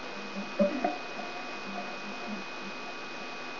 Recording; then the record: brain microelectrode recording played as sound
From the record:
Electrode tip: outside the subthalamic nucleus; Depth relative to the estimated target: -8 mm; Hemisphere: right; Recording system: AlphaMap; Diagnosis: Parkinson's disease